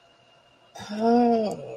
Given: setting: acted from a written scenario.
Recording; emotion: vocal sound without words; realization